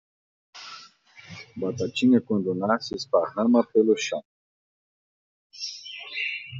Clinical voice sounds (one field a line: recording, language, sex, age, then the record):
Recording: short text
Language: Brazilian Portuguese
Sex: male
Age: 50 to 59 years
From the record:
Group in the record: control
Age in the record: 50 years